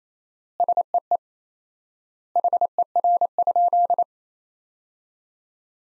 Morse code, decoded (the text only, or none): SEE HER?